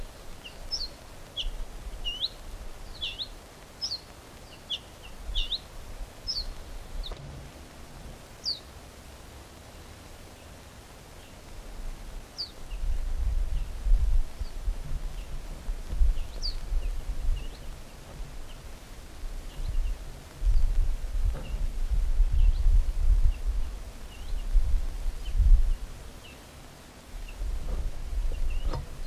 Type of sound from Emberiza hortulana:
alarm call